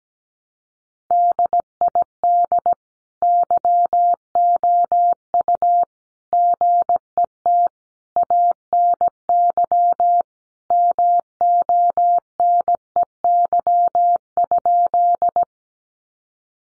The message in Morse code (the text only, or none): DID YOU GET ANY MONEY?